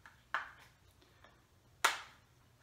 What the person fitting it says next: easy they just snap right into place